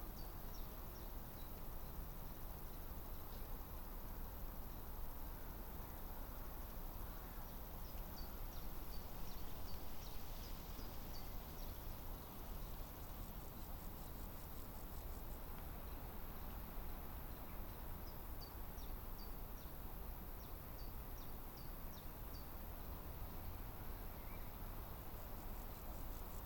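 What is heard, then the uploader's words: A summer meadow at a woodland edge, wrapped in a steady, dense outdoor hush with a low rumble like traffic underneath. Thin, high bird chirps come in quick runs around the middle and again near the end, while a faint insect buzz drifts in. Summer meadow woodland edge. How banks of soft summer air move spatially across the treetops. We travelled into Hertfordshire (by train and on foot of course) to take this sound photograph from as near as possible to the Clinton Baker Pinetum one lunchtime last week.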